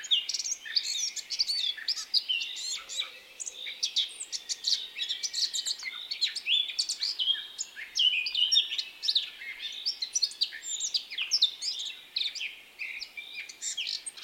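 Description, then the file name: Eurasian blackcap song: a long, dense run of rapid twittering and whistled notes over faint background hiss, with almost no pauses. "Sylvia atricapilla"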